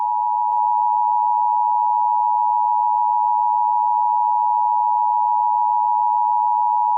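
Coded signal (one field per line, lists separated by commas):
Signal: Emergency Alert System (SAME) tones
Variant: 853 and 960 Hz attention tone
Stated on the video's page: Fictional EAS scenario, not a real alert.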